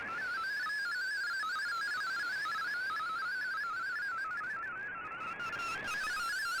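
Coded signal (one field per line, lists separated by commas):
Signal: multi-tone FSK (Olivia or MFSK type)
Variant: MFSK32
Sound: rapid warbling single tone hopping between pitches, steady over hiss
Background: radio static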